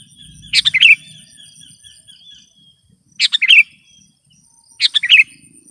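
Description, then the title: Sooty-headed bulbul calling three brief warbled phrases roughly two seconds apart, over a low hum. "kutilang"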